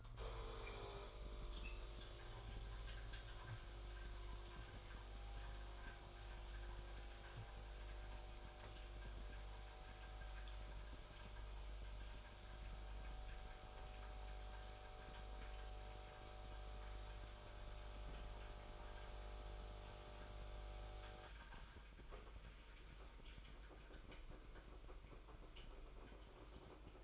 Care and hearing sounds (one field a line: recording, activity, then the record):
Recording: daily activity, microphone in the room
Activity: make coffee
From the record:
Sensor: 5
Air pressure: 990.9 hPa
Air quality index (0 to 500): 144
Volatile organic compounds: 127 ppm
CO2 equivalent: 3912 ppm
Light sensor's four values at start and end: 36/113/43/45 and 35/112/42/45